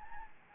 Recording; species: mosquito wingbeat signal from an infrared sensor; Anopheles gambiae